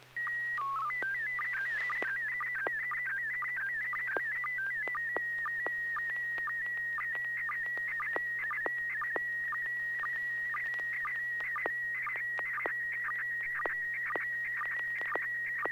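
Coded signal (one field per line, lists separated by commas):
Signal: SSTV (slow-scan television)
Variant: PD 120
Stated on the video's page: SSTV net on a 441.300 MHz FM repeater, Sacramento, CA, using MMSSTV 1.13A.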